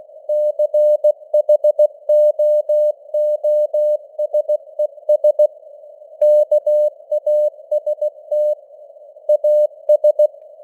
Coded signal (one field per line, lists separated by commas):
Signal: Morse code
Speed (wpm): 16 wpm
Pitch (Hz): 600 Hz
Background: none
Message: CHOOSES KAST AS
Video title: Morse Code News | 2025-12-15 | 16wpm